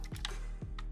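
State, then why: Not seated. Someone pushes the candy-painted plastic backpack of a Hasegawa 1/72 Quadran Lo model kit onto the figure's body, but it catches on something and will not go in. Only a few brief, faint plastic taps and scrapes are heard, around 0.0, 0.2, 0.3, 0.8 and 0.9 seconds. Nothing has seated or clicked yet.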